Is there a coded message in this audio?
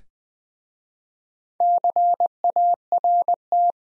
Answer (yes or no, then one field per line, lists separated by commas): yes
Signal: Morse code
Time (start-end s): 1.6-3.7 s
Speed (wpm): 20 wpm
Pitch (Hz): 700 Hz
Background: none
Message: CART